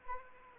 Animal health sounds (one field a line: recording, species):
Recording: mosquito wingbeat signal from an infrared sensor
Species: Anopheles arabiensis